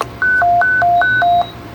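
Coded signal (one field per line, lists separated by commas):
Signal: roger beep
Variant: Stryker SR-955 roger beep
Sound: quick high-low two-tone warble: six alternating beeps over about 1.2 seconds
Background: low hum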